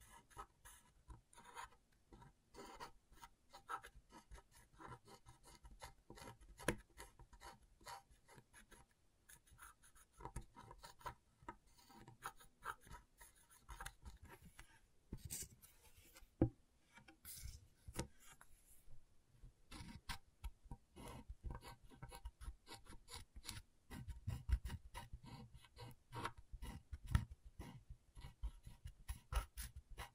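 Scratchboard being scraped in dense, irregular raspy strokes throughout, with sharper scratches near sixteen seconds and heavier, lower scraping after twenty.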